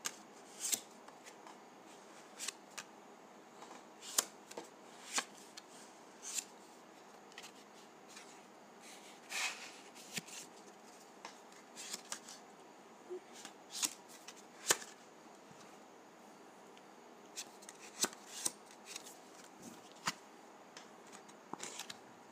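Dry putty is pressed and pulled in soft, crackly handling sounds, with sharp little snaps and crinkles scattered unevenly, often several a second. Brief louder pops stand out near 4, 9, 14.5 and 18 seconds over a steady faint hiss.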